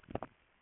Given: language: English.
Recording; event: throat vibration sensor signal played as sound; swallow